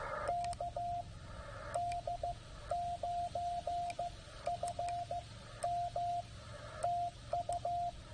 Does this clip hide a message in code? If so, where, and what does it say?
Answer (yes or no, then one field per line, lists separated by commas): yes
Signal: Morse code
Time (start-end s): 0.3-7.9 s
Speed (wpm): 15 wpm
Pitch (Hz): 700 Hz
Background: radio noise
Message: KD9FM TU